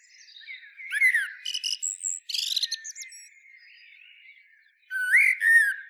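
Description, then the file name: Common blackbird giving warbled whistles mixed with thin, high squeaky notes, then a soft passage before a final loud, fluty phrase. "Turdus merula"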